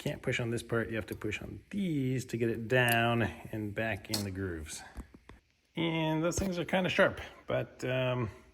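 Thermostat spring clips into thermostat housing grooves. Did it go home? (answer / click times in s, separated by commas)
no / none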